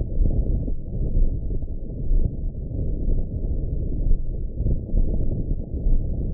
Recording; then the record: heart sounds by optical stethoscope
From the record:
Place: tricuspid valve (TV)